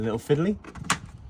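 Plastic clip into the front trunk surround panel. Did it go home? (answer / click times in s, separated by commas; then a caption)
yes / 0.9 s. A fiddly plastic clip on a BYD front trunk (frunk) surround trim panel is pressed in by hand while someone talks. A single sharp pop sounds at 0.9 s as the clip seats into place.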